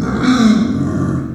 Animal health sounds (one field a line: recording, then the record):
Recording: squeal of a Yucatan mini pig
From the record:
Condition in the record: after surgery on the right vocal fold (resection and tissue-engineered implant)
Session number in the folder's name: 7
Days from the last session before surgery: 47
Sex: female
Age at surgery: 19 weeks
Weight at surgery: 25 kg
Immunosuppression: prednisolone